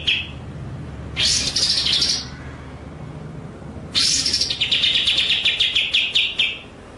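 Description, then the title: White-rumped shama song of two loud phrases, harsh scratchy bursts running into fast pulsed rattles, over a low background hum. Masteran training track of full 'ngerol' (long rolling) and 'nembak' (shooting) song styles. "Masteran Murai Batu Full Ngerol Nembak"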